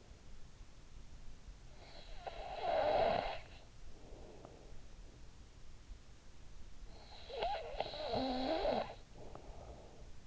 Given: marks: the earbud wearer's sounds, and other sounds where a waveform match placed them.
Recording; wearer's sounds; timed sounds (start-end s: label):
sounds in sleep by an in-ear microphone; snoring breath
1.73-4.81 s: snoring breath
6.59-10.27 s: snoring breath